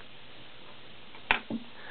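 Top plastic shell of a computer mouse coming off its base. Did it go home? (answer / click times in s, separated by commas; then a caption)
released / 1.3 s. The top plastic shell of a vintage Macintosh SE ADB desktop bus mouse, already unscrewed, is popped off its base. A single sharp snap at 1.3 s marks the case halves releasing, followed by a softer, lower knock at about 1.5 s. The mouse case comes open.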